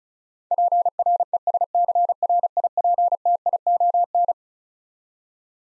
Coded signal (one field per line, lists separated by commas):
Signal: Morse code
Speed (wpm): 34 wpm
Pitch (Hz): 700 Hz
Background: none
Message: PRESCRIPTION